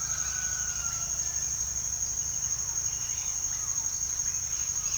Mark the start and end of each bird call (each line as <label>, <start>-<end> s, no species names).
bird call, 0.00-1.06 s
bird call, 3.38-4.97 s